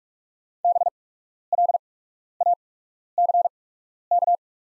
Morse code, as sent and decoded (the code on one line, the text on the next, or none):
-... .-.. .- -.-. -.-
BLACK